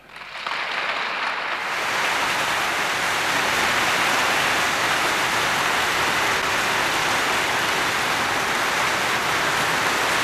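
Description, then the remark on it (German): Enthusiastic applause from a standing audience in Frankfurt in 1963 as US President John F. Kennedy walks to the lectern swells within the first two seconds into a dense, steady roar of clapping that stays loud and even throughout, with no voices rising above it. “Alle Anwesenden haben sich noch einmal als Zeichen der Ehrerbietung erhoben und Sie hören ja selbst den Begeisterungsapplaus der hier Anwesenden”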